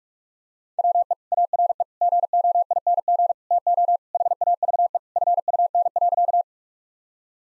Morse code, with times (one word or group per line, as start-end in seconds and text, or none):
0.8-1.1 WE
1.3-1.8 ARE
2.0-3.3 GOING
3.5-4.0 TO
4.1-5.0 HAVE
5.2-6.4 FUN.